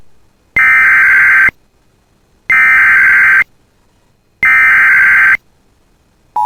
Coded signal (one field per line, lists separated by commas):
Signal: Emergency Alert System (SAME) tones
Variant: header bursts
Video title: [EAS] Severe Thunderstorm Warning for Blackduck MN (August 3, 2024)